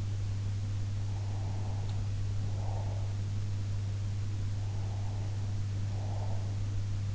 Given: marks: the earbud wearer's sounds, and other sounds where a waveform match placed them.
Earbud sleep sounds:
sounds in sleep by an in-ear microphone; breath
1.15-3.21 s: breath
4.63-6.48 s: breath

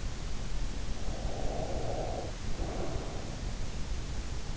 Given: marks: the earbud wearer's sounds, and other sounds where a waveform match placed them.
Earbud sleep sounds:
sounds in sleep by an in-ear microphone; breath
1.09-3.48 s: breath

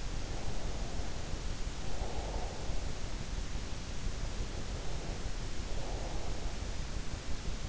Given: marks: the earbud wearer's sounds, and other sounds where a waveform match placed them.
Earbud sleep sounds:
sounds in sleep by an in-ear microphone; breath
0.00-3.11 s: breath
4.15-6.78 s: breath

